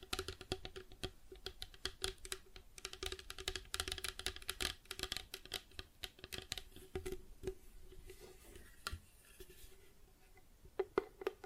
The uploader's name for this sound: Plastic Objects Tapping and Scratching